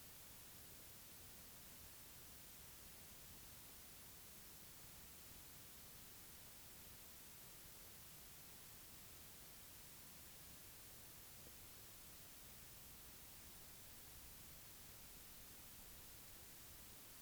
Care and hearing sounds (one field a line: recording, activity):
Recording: daily activity, guitar pickup as the sensor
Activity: drink water